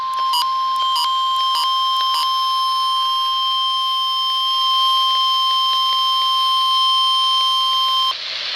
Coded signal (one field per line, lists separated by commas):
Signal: Emergency Alert System (SAME) tones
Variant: 1050 Hz attention tone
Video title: Required Weekly Test | EAS #112